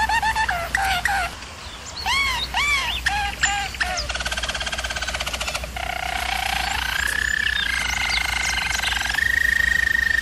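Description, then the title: German Roller canary song: clipped notes and arched slurred whistles, then a fast rattling trill, ending in long, even rolls, with a low background hum. Canary training recording of a German Roller canary singing. "German Roller Canary Singing - Canary Training Vid"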